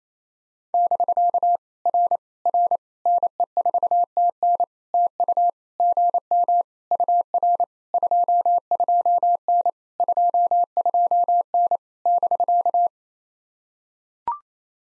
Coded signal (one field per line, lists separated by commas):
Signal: Morse code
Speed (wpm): 26 wpm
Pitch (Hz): 700 Hz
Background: none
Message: <BK> R R NE4TN TU GM UR 22N 22N <BK>